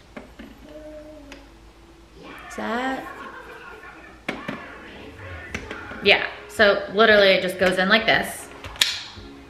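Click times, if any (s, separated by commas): 8.8 s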